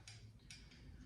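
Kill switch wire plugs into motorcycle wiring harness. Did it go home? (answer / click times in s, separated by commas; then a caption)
yes / 0.1 s, 0.5 s. Two kill switch wire plugs on a 1981 Honda XR80 are pushed into the motorcycle wiring harness bullet connectors until they click, giving a good connection. Two sharp clicks are heard at 0.1 s and 0.5 s over a low background hum, and both plugs are seated.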